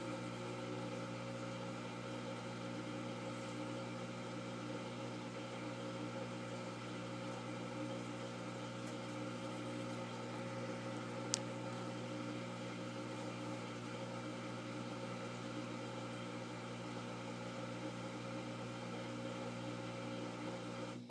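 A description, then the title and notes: A washing machine runs with a steady, unchanging motor hum and layered tones, broken once by a sharp click near eleven seconds. ASMR Washing Machine.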